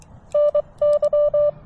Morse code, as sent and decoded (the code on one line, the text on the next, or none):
-. -.--
NY